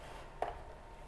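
An RJ45 network cable plug is pulled out of its socket on a camera or network device while troubleshooting an offline camera. A single short, sharp click is heard at 0.4 seconds as the plug comes out against a low, steady background hum. The plug is released from the socket.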